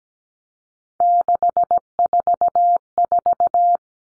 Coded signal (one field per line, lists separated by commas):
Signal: Morse code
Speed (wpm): 17 wpm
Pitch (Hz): 700 Hz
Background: none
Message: 644